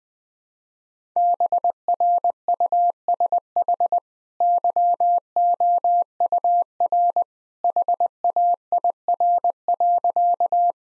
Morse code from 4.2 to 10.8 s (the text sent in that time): YOUR HAIR.